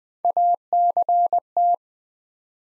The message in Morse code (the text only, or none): ACT